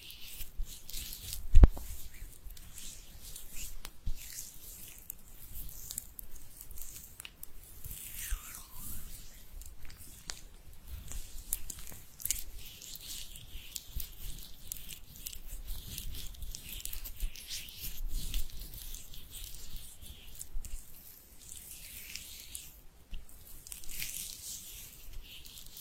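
Hands rubbing together, a dry, continuous hiss of skin on skin that swells and eases in uneven strokes for the whole length. The sound sits mostly in the bright upper range with a faint low rumble beneath. A single sharp tap stands out near the two-second mark.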